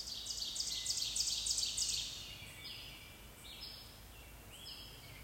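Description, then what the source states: Birds singing: a rapid, loud buzzy trill for two seconds, then separate high chirps and short falling whistles, with a faint low rumble. Recorded at sunset on May 19, 2024.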